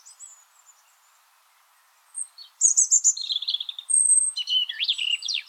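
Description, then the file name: European robin song: thin high whistles, then rapid twittering and trilled phrases, pitch jumping between phrases, pausing briefly between each. "Erithacus rubecula"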